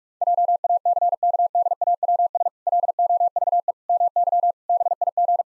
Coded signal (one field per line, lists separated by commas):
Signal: Morse code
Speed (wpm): 41 wpm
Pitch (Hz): 700 Hz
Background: none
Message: JACKDAWS LOVE MY BIG